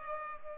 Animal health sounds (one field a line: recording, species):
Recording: mosquito wingbeat signal from an infrared sensor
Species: Culex pipiens